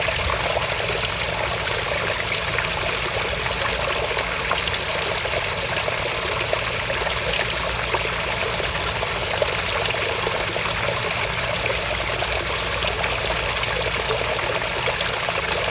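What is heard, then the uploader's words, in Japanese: Outdoors in a Tokyo park, flowing water runs without pause, a dense, even rush and trickle filling the whole scene at a constant level. A faint low hum sits steadily underneath, with no distinct events standing out. 小金井公園・東京。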